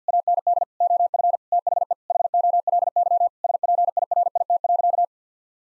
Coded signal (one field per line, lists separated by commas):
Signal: Morse code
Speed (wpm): 50 wpm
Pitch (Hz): 700 Hz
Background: none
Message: AND OF THE HOLY SPIRIT.